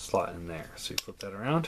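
A plastic panel with a small tab on a transforming robot figure is handled and flipped around to line its tab up with a slot while someone talks. Brief light plastic handling sounds are heard under the voice, and nothing has seated or clicked yet.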